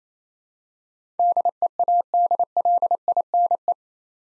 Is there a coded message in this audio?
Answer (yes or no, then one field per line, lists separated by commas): yes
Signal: Morse code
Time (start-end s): 1.2-3.7 s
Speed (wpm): 28 wpm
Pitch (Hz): 700 Hz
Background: none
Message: DEADLINE